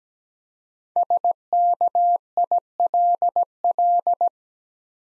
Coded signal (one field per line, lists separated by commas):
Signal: Morse code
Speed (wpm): 17 wpm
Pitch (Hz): 700 Hz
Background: none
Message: SKILL